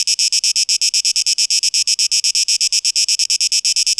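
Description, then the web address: Cicada song heard as a fast train of shrill buzzy pulses, evenly spaced. Cicadas, 12 August 2023, tape echo mix. "rauschpartikel Audio 2023-08-12 Zikaden (Tape Echo Mix)"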